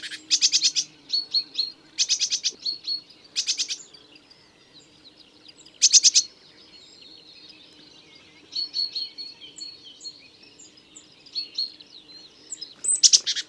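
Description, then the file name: Great tit harsh rattling calls in quick clicking bursts, mixed with thin high whistled notes and soft chatter. "Parus major"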